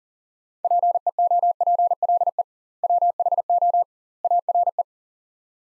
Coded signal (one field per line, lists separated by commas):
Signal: Morse code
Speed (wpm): 40 wpm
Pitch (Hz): 700 Hz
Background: none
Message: PEOPLE WHO ARE